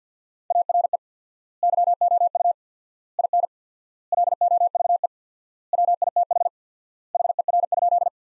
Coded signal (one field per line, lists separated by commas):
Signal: Morse code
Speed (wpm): 50 wpm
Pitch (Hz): 700 Hz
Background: none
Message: ARE YOU IN LOVE WITH HER?